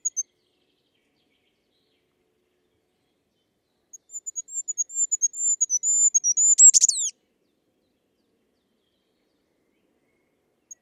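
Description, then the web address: Bird sings a run of rapid, very high piping notes rising in volume and finishing with a harsh downward buzzy flourish, then silence. "birddata Deverinetal 2025 Bird Only"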